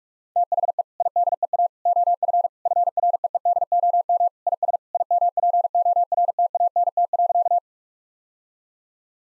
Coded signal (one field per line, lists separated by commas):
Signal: Morse code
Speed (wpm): 41 wpm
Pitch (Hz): 700 Hz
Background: none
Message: THE IDEA OF FREEDOM IS IMPORTANT.